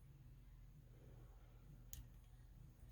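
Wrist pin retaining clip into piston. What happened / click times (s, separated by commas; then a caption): The metal retaining clip snapped into its groove / 1.9 s. A metal wrist pin retaining clip is worked into the groove of a piston on a TRX PRO 15 during a piston and sleeve replacement. Over a low, steady background hum, a single sharp, bright click rings out at 1.9 seconds as the clip seats home and is confirmed in place.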